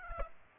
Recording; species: mosquito wingbeat signal from an infrared sensor; Aedes aegypti